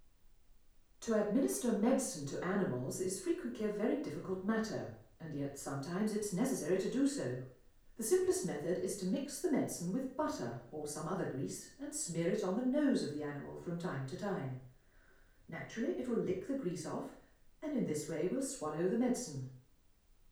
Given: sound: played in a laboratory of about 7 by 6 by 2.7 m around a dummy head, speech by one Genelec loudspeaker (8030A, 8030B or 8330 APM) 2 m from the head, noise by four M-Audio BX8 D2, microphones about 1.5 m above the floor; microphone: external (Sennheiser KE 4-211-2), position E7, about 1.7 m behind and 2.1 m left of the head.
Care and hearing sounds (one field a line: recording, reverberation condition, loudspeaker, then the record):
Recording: female speech in English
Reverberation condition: medium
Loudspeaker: 120 degrees to the right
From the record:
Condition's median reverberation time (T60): about 510 ms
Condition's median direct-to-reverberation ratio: about -0.5 dB